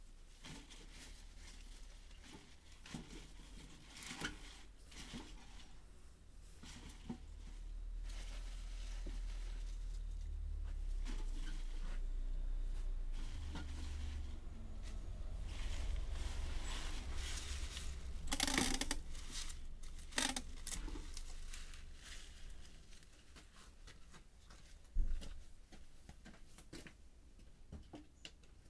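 Freshly harvested mizukake-na greens are weighed and bundled with tape for shipping. Irregular rustling, light clicks and taps run throughout, with a sharp crackling burst near 18 seconds and a knock around 25. A low steady hum sits underneath.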